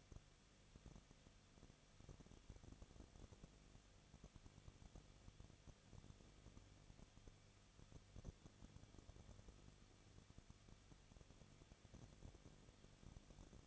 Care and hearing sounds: daily activity, microphone in the room; no activity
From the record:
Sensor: 4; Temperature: 23.0 degrees Celsius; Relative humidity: 34.1%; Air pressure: 1007.4 hPa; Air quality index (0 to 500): 212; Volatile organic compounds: 14 ppm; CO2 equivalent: 2444 ppm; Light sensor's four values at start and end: 2/3/1/1 and 2/3/1/1

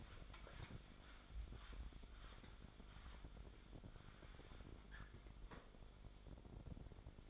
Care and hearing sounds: daily activity, microphone in the room; wipe stove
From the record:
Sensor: 5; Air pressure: 1007.2 hPa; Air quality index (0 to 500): 172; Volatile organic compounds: 4 ppm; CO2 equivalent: 1654 ppm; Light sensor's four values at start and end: 53/144/57/58 and 52/142/57/57

